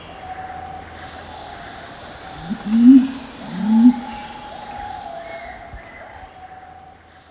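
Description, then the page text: Mountain imperial pigeon calling with two deep, low hooting coos close together, set against a constant buzzing drone in the background. "Mountain Imperial Pigeon. Quick Sounds"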